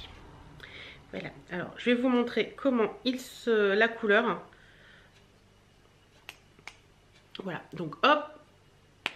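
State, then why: Seated. The plastic cap on a worn lip makeup stick, so heavily used that it has broken, is closed after its colour is shown, and it clicks shut. Someone talks in the first half, then there is a quiet stretch with a few small taps. A sharp click at 9.1 s marks the cap seating closed.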